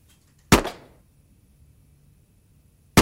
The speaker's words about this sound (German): Der erste Schuss riss den Kopf zurück, der zweite bohrte sich durch seine wie eine Uniform wirkende Krawatte.